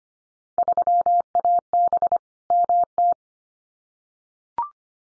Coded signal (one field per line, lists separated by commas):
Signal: Morse code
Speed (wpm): 25 wpm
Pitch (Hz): 700 Hz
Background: none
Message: 3AB MT